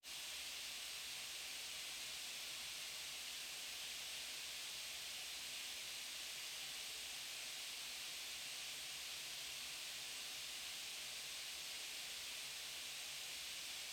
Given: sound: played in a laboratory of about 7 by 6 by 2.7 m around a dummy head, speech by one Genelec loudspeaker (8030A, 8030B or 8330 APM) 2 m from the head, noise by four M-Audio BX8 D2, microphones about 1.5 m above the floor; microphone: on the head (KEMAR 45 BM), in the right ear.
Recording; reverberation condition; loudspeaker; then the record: white noise; medium; four, about 170 cm from the corners of the room and facing them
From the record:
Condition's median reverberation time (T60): about 510 ms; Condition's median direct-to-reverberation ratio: about -0.5 dB